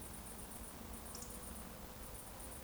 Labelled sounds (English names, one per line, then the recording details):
Eurasian Woodcock whistle
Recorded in Baden-Württemberg, Germany, on 24 June 2020 at 20:35 UTC
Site 14569, 102 m above sea level